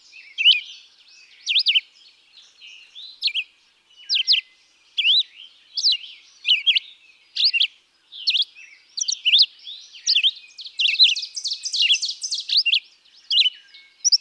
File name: Red-eyed Vireo